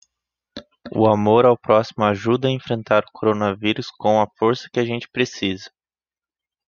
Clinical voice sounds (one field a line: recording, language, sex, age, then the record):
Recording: spoken sentence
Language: Brazilian Portuguese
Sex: male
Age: 20 to 29 years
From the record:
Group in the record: control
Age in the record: 23 years